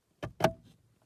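The plastic third brake light housing of a 1994 Mercedes C280 W202 is being lined up and pushed back into its rear shelf mount. Two short handling knocks are heard around 0.2 s and 0.4 s; the second is louder, with a brief ringing tone, and fades out by about 0.8 s. Nothing has seated or clicked yet.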